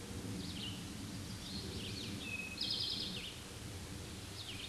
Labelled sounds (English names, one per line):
Eastern Towhee song